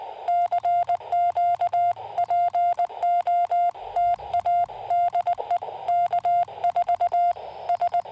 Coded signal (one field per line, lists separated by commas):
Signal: Morse code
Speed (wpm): 20 wpm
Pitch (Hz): 700 Hz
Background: none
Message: CQ PO TA DE K4 S